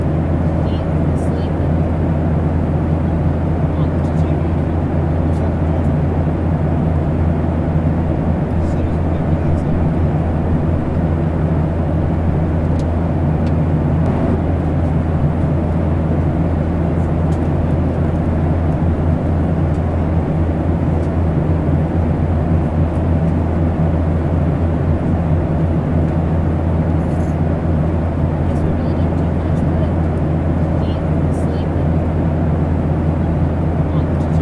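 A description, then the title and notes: Brown noise plays as a deep, unchanging rumble, heaviest in the low end and dull on top. The level holds perfectly even for the whole stretch, with a steady droning hum underneath like an engine and only faint, sparse ticks up high. Brown Noise Meditation.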